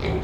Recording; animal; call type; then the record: contact call of a hoofed animal; pig; closed-mouth grunt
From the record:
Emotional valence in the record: positive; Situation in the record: food and toys in familiar pen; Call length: 0.24 s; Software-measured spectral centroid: 1600 Hz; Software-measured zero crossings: 1020 a second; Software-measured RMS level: -25 dBFS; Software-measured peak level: -14 dBFS